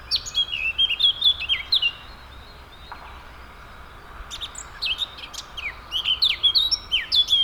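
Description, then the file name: Eurasian blackcap song in two bursts: a warbled phrase of whistled notes, a pause of about two seconds, then another loud, varied warbling phrase. "Sylvia atricapilla"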